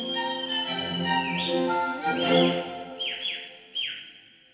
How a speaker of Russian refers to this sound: Так же, как неизвестно, когда бы закончился ночной пир со святым причетником, если бы тревожный свист не прервал его веселье.